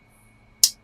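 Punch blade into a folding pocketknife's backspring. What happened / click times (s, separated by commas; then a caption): The folding blade snapped shut against its spring / 0.6 s. The punch blade of a folding pocketknife is snapped closed again against its backspring. A single loud, sharp click is heard at 0.6 s after near-silence, followed by a quick decay. The blade snaps shut and seats firmly.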